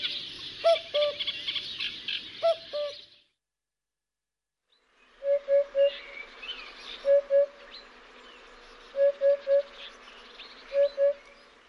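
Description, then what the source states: Common Cuckoo giving two dry cu-coo note pairs; after a silent gap, a hoopoe follows with hollow notes in threes and twos. A drier cu-coo call; the first of two birds in this example, followed by a hoopoe.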